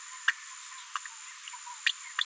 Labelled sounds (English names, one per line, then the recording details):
Green-rumped Parrotlet babbling
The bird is a female
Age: 36 days
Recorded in a nest box in Venezuela
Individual 17B73B4